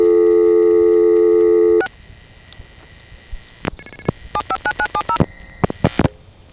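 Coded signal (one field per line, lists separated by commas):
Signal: DTMF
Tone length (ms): 60 ms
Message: 6 759970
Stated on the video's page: Narrated phone tape of New York City routings.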